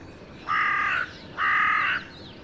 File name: Corvus corone